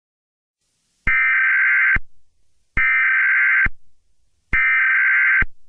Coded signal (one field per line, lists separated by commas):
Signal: Emergency Alert System (SAME) tones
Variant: header bursts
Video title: EAS Scenario #23: Mickey Error II The Next Chapter